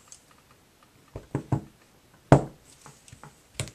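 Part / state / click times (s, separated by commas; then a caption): EC5 connector pin into connector housing / seated / 2.3 s. A soldered metal pin on a battery lead is pressed down inside a plastic EC5 connector housing until it locks. A few faint taps and clicks come at about 1.3 s, 1.5 s and 3.6 s, with a sharp, loud click at 2.3 s. The pin is seated in the housing.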